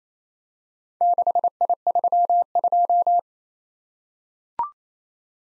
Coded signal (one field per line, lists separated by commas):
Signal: Morse code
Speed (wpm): 29 wpm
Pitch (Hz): 700 Hz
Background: none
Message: 6I32